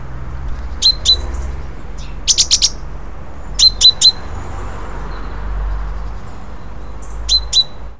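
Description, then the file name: Great tit calls: short, sharp high notes given in short groups, separated by pauses, over a steady low rumble. "Parus major"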